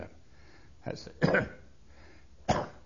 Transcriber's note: he coughs